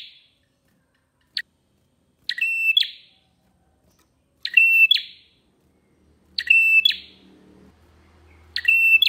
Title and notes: Masteran Terapi Prenjak Durasi Panjang. Burung Prenjak